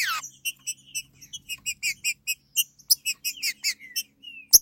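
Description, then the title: Green-winged saltator song: a quick series of short, bright chirps, with a steep descending note at the start and a sharp click at the end. "Trinca Ferro"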